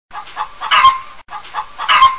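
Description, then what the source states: Chicken cackle: a few low clucks building to a loud harsh squawk, with the whole phrase heard twice in a row. Hen cackling after laying an egg.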